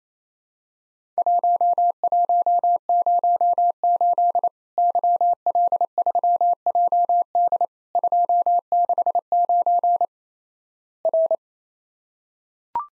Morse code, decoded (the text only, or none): 1108 YL3JD 269 R